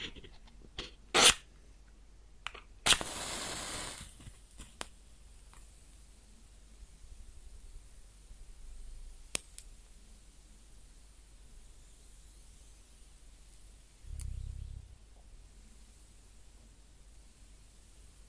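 A match is struck close up: a few sharp scratches and clicks, then a hissing flare just before three seconds that quickly dies down. Sparse small crackles and ticks follow over a quiet background, with a soft low thump near fourteen seconds.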